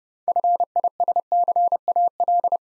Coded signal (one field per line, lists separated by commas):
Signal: Morse code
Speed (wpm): 30 wpm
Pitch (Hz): 700 Hz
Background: none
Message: FISCAL